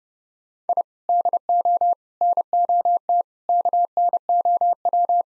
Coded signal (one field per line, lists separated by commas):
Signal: Morse code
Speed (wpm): 30 wpm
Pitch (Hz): 700 Hz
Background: none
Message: I DO NOT KNOW